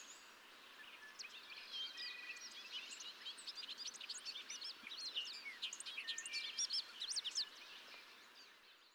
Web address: songs Bobolink